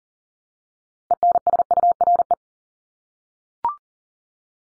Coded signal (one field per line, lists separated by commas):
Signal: Morse code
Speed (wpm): 40 wpm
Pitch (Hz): 700 Hz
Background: none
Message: ENSURE